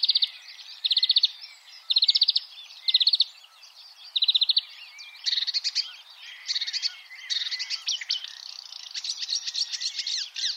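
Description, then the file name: Marsh warbler song opening with short repeated trilled bursts about once a second, then running into a continuous, lively chatter of rattles and buzzy notes. "suara kicauan burung marsh warbler. omkicau"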